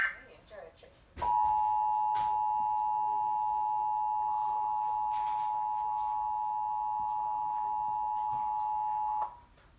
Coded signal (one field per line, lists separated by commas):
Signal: Emergency Alert System (SAME) tones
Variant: 853 and 960 Hz attention tone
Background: speech